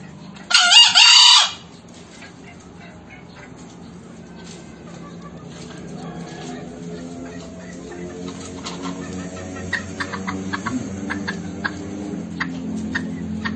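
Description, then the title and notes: Green junglefowl crowing once at the opening, a brief hoarse burst, followed by a long quieter stretch of faint ticking sounds. Crowing of green junglefowl used as a lure (masteran) to make silent wild junglefowl respond, for trapping. "Kokok Ayam Hutan. MASTERAN AYAM HUTAN HIJAU YANG MACET BUNYI WAJIB NYAUT. Pemikat Ayam Hutan"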